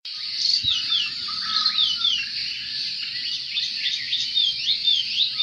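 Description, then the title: Oriental magpie-robin song of quick, repeated downward-slurred whistles and bright chirps, delivered in a busy, unbroken flow over a faint hiss. "Kicau Kacer"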